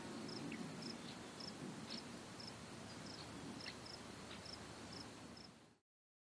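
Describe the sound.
Cicada song: a regular series of short high pulses over a low rumbling background, cutting off abruptly before the end.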